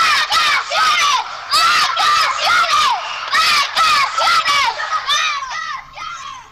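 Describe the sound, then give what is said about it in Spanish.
A chorus of voices shouts together in celebration, loud repeated bursts with rising and falling pitch, like a cheering chant that eases off slightly toward the end. “Necesitábamos también un coro de docentes gritando eso, ¿no?”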